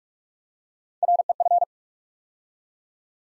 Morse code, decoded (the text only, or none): REF